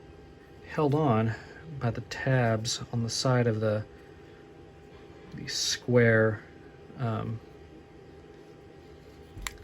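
A plastic part of a vintage N scale Con-Cor Alco PA1 locomotive in Southern Pacific livery is being handled over its square mount, where tabs on the side hold it on, while someone talks in bursts. Only a brief sharp tick is heard near 9.5 s, and the part has not clicked or seated into place yet.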